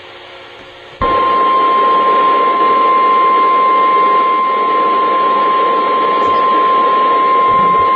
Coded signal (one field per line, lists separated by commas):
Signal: Emergency Alert System (SAME) tones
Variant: 1050 Hz attention tone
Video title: The Great Washington Shakeout (Earthquake Drill) 10/20/16 (EAS #199)